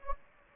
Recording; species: mosquito wingbeat signal from an infrared sensor; Anopheles gambiae